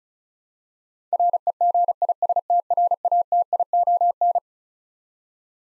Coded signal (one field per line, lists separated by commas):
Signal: Morse code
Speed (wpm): 36 wpm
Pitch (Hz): 700 Hz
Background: none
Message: REGISTRATION